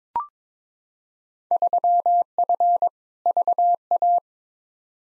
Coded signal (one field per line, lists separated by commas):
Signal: Morse code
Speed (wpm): 22 wpm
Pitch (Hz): 700 Hz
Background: none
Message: 3F VA